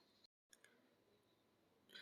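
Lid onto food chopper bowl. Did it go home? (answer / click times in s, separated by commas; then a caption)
yes / 0.5 s, 0.6 s. The lid is fitted onto the 5-litre bowl of a Sokany electric meat and vegetable chopper, and it must click to be fitted correctly. After a brief dropout to silence, two short, sharp clicks are heard at 0.5 s and 0.6 s, followed by low background hiss and a brighter rustle near the end. The lid clicks into place and is seated.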